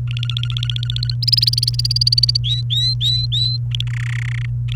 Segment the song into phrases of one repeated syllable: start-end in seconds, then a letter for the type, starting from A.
0.08-1.14 A, 1.22-2.37 B, 2.44-3.57 C, 3.71-3.84 A, 3.87-4.46 D, 4.68-4.75 A